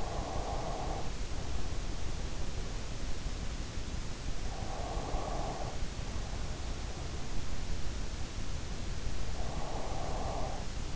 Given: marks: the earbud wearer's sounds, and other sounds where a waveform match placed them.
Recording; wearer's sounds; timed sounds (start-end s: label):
sounds in sleep by an in-ear microphone; breath
0.00-1.56 s: breath
4.63-6.21 s: breath
8.82-10.96 s: breath